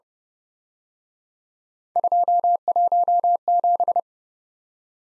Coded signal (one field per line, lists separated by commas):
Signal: Morse code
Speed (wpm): 31 wpm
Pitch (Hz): 700 Hz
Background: none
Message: 217